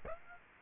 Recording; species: mosquito wingbeat signal from an infrared sensor; Aedes aegypti